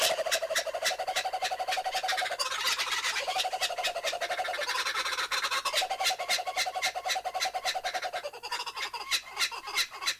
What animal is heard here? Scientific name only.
Dacelo novaeguineae